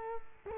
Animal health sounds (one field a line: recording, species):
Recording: mosquito wingbeat signal from an infrared sensor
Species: Culex quinquefasciatus